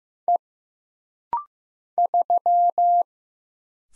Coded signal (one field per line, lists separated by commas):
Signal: Morse code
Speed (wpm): 15 wpm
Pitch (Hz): 700 Hz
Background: none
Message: E 3